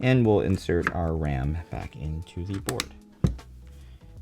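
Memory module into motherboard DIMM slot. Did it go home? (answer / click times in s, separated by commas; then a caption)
yes / 3.2 s. Someone talks while a DDR5 memory module, used because the wrong motherboard was sent, is pushed down into the motherboard DIMM slot until the retention latch snaps shut. A sharp, firm click is heard at 3.2 s, followed by softer taps, and the RAM stick is seated.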